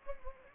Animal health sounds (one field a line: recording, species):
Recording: mosquito wingbeat signal from an infrared sensor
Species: Anopheles gambiae